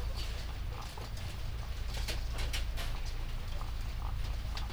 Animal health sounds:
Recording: poultry house recording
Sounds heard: sick chickens (respiratory disease)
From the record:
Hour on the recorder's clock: 20

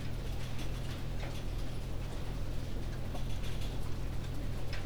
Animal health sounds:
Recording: poultry house recording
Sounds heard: no chicken sound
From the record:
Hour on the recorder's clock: 20

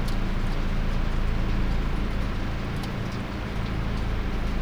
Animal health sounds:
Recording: poultry house recording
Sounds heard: no chicken sound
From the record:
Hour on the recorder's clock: 21

